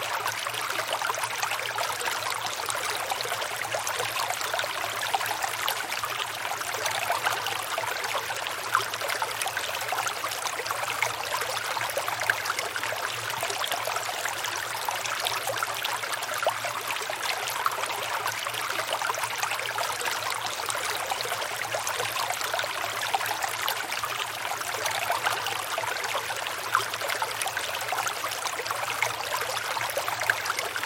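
A river flows steadily at night, its rushing, splashing water forming a dense, even wash of sound that barely changes over the half minute. Fine trickles and bubbling ripple through it constantly, and a faint low hum sits underneath.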